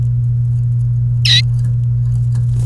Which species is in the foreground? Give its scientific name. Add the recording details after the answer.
Serinus canaria. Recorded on 29 April 2018 at 13:31. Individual llb3